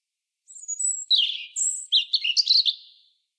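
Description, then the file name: European robin song: a thin, high, varied phrase of wavering whistles and tumbling notes, ending in a quick trill, against a silent background. "Erithacus rubecula"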